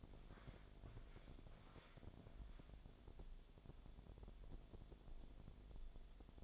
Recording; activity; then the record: daily activity, microphone in the room; walk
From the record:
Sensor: 5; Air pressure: 1000.6 hPa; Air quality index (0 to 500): 137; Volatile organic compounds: 2 ppm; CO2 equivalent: 1067 ppm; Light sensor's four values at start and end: 45/105/43/45 and 45/105/43/45